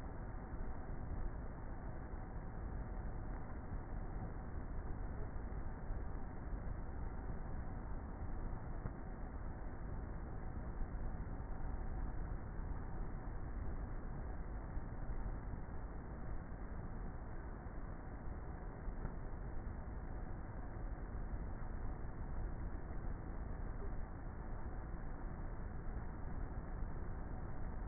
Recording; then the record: honeybee colony, microphone inside the hive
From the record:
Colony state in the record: queenless with a low population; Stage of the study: before two queens were removed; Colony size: about 30,000 bees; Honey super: no